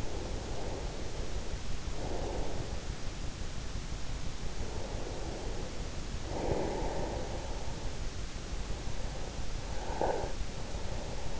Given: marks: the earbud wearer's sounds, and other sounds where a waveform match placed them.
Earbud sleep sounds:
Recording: sounds in sleep by an in-ear microphone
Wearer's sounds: breath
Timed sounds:
0.00-2.99 s: breath
4.59-7.71 s: breath
9.68-11.40 s: breath

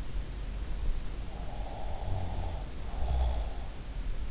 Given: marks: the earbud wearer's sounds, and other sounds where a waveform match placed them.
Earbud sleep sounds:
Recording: sounds in sleep by an in-ear microphone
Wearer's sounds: snoring breath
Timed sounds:
1.15-3.67 s: snoring breath

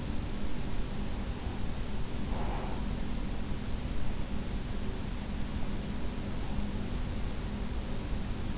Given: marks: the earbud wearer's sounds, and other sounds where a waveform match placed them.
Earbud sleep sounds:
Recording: sounds in sleep by an in-ear microphone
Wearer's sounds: breath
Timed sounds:
1.64-3.20 s: breath

